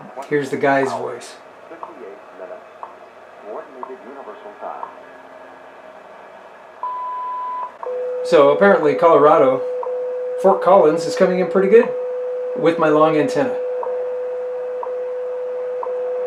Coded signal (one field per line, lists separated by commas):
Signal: radio time signal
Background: speech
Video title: Filtering FM for Better Shortwave? ISS SSTV Put to the Test!